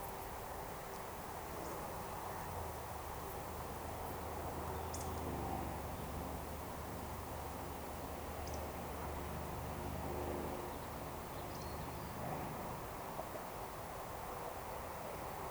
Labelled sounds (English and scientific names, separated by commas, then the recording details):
Eurasian Woodcock (Scolopax rusticola)
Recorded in Baden-Württemberg, Germany, on 28 June 2020 at 19:32 UTC
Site 43791, 788 m above sea level